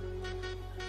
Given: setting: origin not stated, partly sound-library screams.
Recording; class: one-second piece from a danger detection set; normal situation